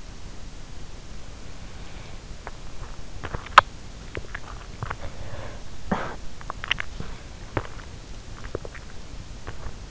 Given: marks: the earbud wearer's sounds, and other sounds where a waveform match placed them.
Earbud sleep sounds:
sounds in sleep by an in-ear microphone; body movement, cough or throat clearing or sniffle
2.37-5.62 s: body movement
5.78-6.37 s: cough or throat clearing or sniffle
6.50-9.91 s: body movement

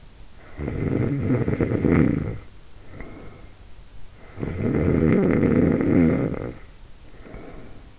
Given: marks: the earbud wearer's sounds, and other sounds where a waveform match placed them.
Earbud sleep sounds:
sounds in sleep by an in-ear microphone; snoring breath
0.34-3.48 s: snoring breath
4.17-7.99 s: snoring breath

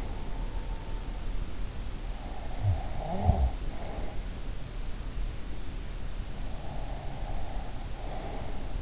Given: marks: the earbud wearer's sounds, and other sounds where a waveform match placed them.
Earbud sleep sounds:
sounds in sleep by an in-ear microphone; snoring breath, breath
2.49-4.10 s: snoring breath
6.63-8.82 s: breath

